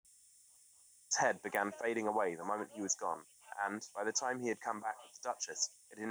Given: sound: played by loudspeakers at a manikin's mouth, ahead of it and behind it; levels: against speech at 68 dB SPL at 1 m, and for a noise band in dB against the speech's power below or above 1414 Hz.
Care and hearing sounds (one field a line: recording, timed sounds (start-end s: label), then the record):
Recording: test signals for a remote microphone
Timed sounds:
1.10-6.11 s: man speaking, babble ahead at +6 dB SNR for speech at 1 m
From the record:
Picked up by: remote microphone C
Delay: 23 ms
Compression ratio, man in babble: 1.37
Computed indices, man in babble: HASPI 0.990, HASQI 0.225 (non-linear 0.266, linear 0.842), ESTOI 0.695